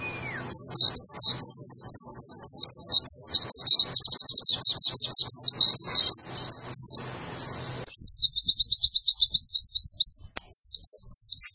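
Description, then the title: White-eye song: continuous loud, high, fast chattering and trilling, with a sharp click near the end. Training recording for cage birds, described as gacor, meaning vigorous, frequent singing. "Pleci Gacor 02. Masteran Burung PLECI Paling DICARI Untuk Cetak PRESTASI"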